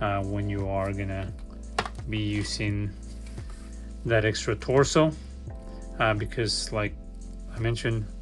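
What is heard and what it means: A part of a 1/12 scale action figure is handled at the joint of the original plastic torso while someone talks over soft background music. Nothing has seated or popped into the joint yet.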